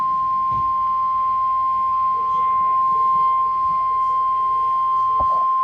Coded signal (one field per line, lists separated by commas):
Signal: Emergency Alert System (SAME) tones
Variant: 853 and 960 Hz attention tone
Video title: Xtreme Mayhem XIII: A Sorta Moderate Mayhem! EAS Alerts From August 7, 2023